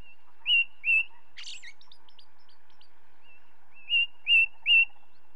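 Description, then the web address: Ring ouzel song: strong fluty whistled notes, two then three in a row, separated by a harsh twittering flourish from a second singer. Recorded with the song of a second bird. "BBC Sound Effects Library. Ring Ouzel"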